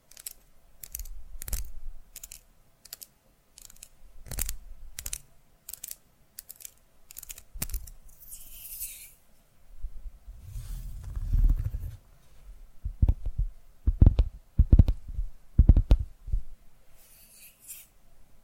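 Sharp irregular tapping clicks come in bursts, with a brief hiss near nine seconds, a low rumble around eleven, then denser heavier taps.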